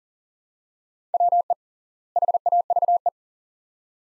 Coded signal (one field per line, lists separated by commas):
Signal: Morse code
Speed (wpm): 40 wpm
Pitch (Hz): 700 Hz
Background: none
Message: WE HAVE